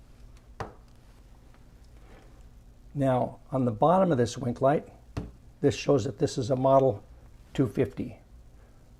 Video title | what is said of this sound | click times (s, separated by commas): Camera – Polaroid Highlander Model 80 | push hard and it snaps right in and it and it stti is locked in | 0.6 s